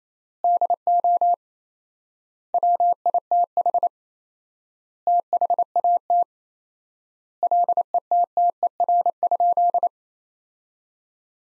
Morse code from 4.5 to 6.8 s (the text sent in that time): THAT